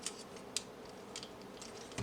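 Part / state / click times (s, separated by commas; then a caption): plastic waist clamp into the toy robot's black body part / seated / 0.6 s. Plastic wheel-and-waist side clamps on a Transformers MPG12 purple mirror Optimus Prime toy robot are folded down so their rear grooves slot into the black plastic body part. A sharp, bright plastic click at 0.6 s marks the clamp locking into place, set among a few fainter plastic ticks and handling taps. The part ends up seated and locked.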